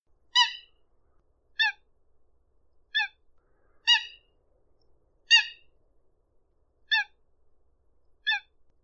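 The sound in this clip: Eurasian coot giving short, sharp, nasal calls, single notes repeated at slightly irregular intervals, seven in all, with quiet background.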